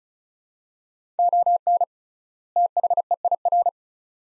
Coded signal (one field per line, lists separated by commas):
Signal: Morse code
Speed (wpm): 36 wpm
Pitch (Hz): 700 Hz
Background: none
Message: ON THEIR